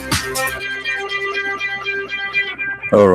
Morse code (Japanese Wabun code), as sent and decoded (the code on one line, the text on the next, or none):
none